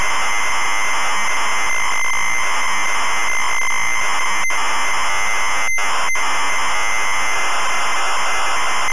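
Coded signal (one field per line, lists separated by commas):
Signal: ZX Spectrum tape loading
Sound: continuous harsh screeching data noise with a few very short silent breaks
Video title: Camelot Warriors (ZX Spectrum) - full tape loading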